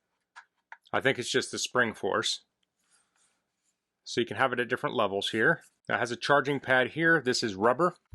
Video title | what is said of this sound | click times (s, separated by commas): Hinyx 3-in-1 Foldable Apple Charging Station | it's pretty stiff and it kind of snaps in place it almost feels magnetic when it stops in place but | 0.7 s